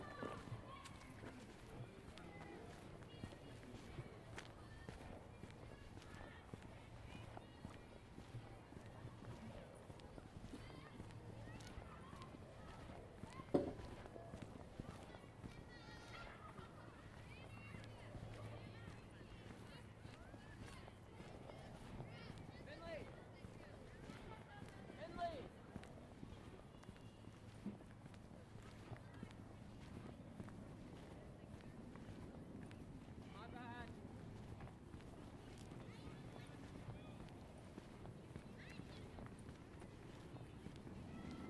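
A stroll through a Seattle neighborhood, with voices murmuring and talking throughout over a steady low rumble, likely traffic. Footsteps and small knocks come and go, and a sharp click stands out near 14 seconds, with a smaller one around 25 seconds.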